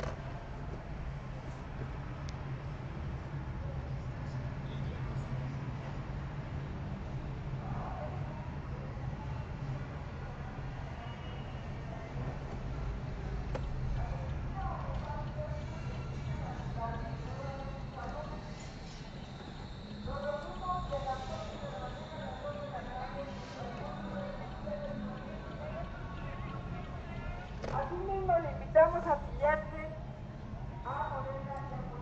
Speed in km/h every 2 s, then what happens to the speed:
9, 15, 17, 17, 17, 9, 12, 15, 13, 5, 8, 5, 6, 8, 11, 10.
0-8 steady at about 17. 8-10 brakes to 9. 10-15 steady at about 12. 15-17 brakes to 5. 17-32 steady at about 8.